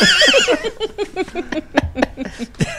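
A horse whinnies: a high, wavering squeal that breaks into a quick run of pulsing, descending nickers, fairly loud and on its own with no talking.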